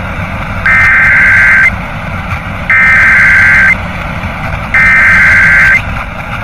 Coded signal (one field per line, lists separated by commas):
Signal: Emergency Alert System (SAME) tones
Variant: header bursts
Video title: EAS Automated Required Weekly Tests on WBNF-FM and WBLK-AM (September 30, 2025) 11:21am